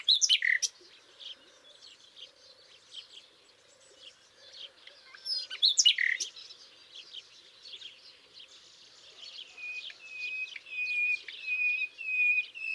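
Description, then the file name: Common nightingale song: a few loud sharp notes and soft twittering, then a series of pure whistled notes repeated steadily toward the end. "Luscinia megarhynchos"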